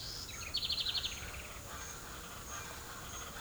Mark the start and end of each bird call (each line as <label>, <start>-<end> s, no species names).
bird call, 0.00-1.29 s
bird call, 1.61-3.41 s